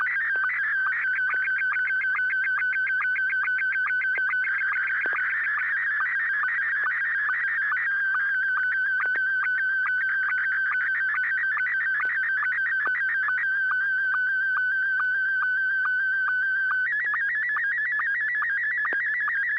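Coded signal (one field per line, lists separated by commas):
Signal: SSTV (slow-scan television)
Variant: Scottie 1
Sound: steady warbling tone with rapid regular ticks, slightly shifting pitch throughout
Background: low hum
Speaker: I'm going to send this one Scotty one and 6 YG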